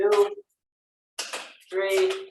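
A click-type torque wrench tightens the third lug nut on a car wheel hub to 80 ft-lb, and someone talks. The wrench gives a sharp click at 1.2 s as it reaches its setting, confirming the lug nut is torqued.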